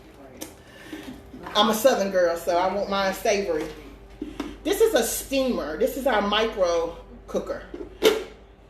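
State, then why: Seated. A woman talks while showing a heavy plastic microwave steamer/cooker pot. Its lid is put on, and a sharp hit at 8.1 s marks the lid locking into place on the pot.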